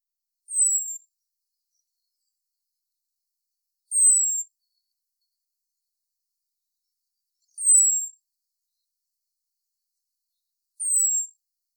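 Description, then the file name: Eurasian blackbird uttering a high, thin, drawn-out falling note, repeated four times a few seconds apart over a quiet background. "Turdus merula"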